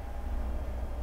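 An interchangeable lens is being handled at the bayonet mount of an Olympus Pen F half-frame film camera body. Only a steady low rumble is heard, with no distinct click. The lens has not yet locked into place, and nothing has seated or clicked.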